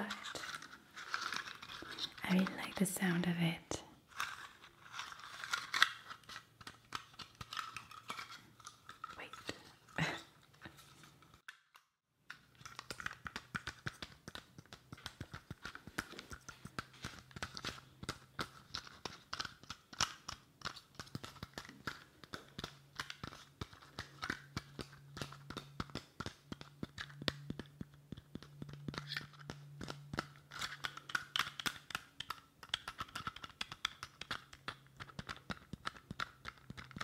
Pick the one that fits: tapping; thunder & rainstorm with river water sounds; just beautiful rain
tapping